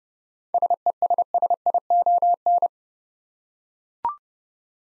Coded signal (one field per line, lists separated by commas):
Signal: Morse code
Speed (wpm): 30 wpm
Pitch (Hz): 700 Hz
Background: none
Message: SESSION